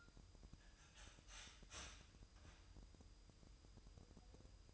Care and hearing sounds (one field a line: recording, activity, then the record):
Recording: daily activity, microphone in the room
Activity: start toaster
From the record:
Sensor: 2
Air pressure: 988.4 hPa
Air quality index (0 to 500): 191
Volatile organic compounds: 184 ppm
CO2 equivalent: 4156 ppm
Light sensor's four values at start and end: 20/68/27/25 and 20/68/27/25